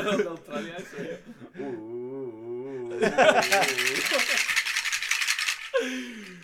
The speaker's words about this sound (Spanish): Palitos de lluvia.